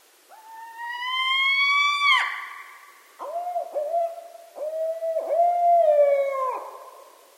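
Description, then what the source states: Barred owl calls, a rising drawn-out hoot sliding up then dropping sharply, followed by several lower wavering hoots ending in a descending drawl. Recorded 25 December 2011.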